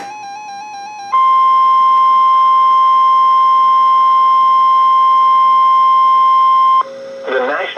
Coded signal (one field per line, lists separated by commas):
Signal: Emergency Alert System (SAME) tones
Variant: 1050 Hz attention tone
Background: speech, music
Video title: Tornado Watch #108 (EAS #1317)